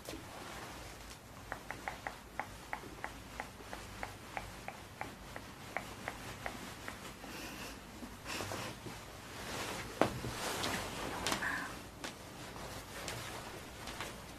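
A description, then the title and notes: Mouth sounds: a regular run of small clicks roughly every third of a second for eight seconds, then breathy hissing swells and a sharp pop. Mouth Sounds.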